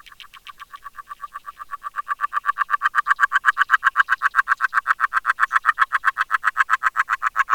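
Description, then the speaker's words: Agile frog song: a long run of short knocking pulses at a rapid, even rhythm, swelling from soft to loud and then holding steady. Recorded underwater with a hydrophone in a pond, Plaine des Morts, end of January, at night in fairly mild weather; sings underwater from 3 a.m. "C'est une grenouille agile qui chante sous l'eau à partir de 3 heures du matin."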